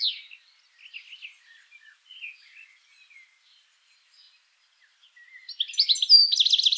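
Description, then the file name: European goldfinch calls: faint scattered chirps and short trills, then a loud, rapid, tinkling twitter bursting in near the end. "Carduelis carduelis"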